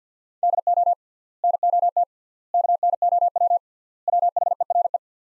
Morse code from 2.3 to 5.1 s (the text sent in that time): KNOW WHERE